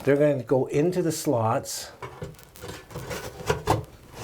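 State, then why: Seated. A bathroom fan motor assembly has its metal tangs fitted into the slots of the fan housing and is pushed up into place. Someone talks, followed by some faint scraping and light taps. A sharp snap at 3.7 s marks the assembly seating in the housing.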